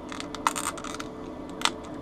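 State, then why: Seated. A freshly cut prescription polarized G-15 bifocal plastic lens is pressed into the plastic frame rim of a pair of Ray-Ban 2140 Original Wayfarer sunglasses. Light ticks and scraping are heard, including a sharp tick at 0.5 s. The lens snaps into the rim with a crisp click at 1.7 s and is seated.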